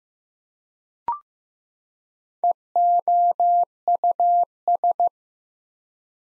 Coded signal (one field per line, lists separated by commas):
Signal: Morse code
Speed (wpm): 15 wpm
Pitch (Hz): 700 Hz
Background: none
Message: EOUS